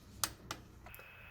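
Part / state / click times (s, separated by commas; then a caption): torque wrench tightening ignition coil bolt / torque reached / 0.2 s. A torque wrench set to 1.0–1.2 kgf·m tightens an ignition coil bolt and gives a sharp click at 0.2 seconds, confirming the set torque has been reached. A second, softer click follows at about 0.5 seconds, with faint ticks near 0.9 seconds.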